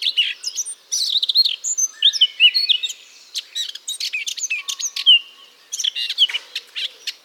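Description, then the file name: Eurasian blackcap song: dense scratchy chatter with whistled slurs and sharp clicks, broken by a few brief pauses. "Sylvia atricapilla"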